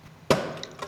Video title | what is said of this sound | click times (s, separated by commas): BMW R1300GS Koffer Probleme + Helm, Batterie-Elektronik und neue Produkte by HORNIG | cubierta sobre el radar simplemente se hace clic y se retira así. | 0.3 s